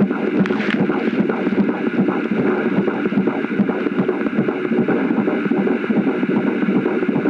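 Rapid whooshing pulses at about 150 a minute under steady rushing noise, typical of a fetal heartbeat heard through the mother's abdomen.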